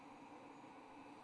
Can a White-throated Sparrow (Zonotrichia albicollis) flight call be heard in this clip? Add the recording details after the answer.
no. No flight call is heard. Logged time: 22:52 on 24 November 2014